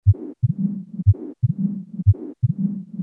Mitral Stenosis Severe and Regurgitation Mild Rheumatic Origin.